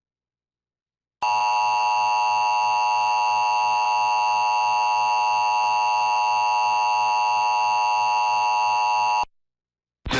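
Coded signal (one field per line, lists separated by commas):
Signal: Emergency Alert System (SAME) tones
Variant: 853 and 960 Hz attention tone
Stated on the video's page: Severe thunderstorm warning alert audio monitored from an EAS relay network and streamed.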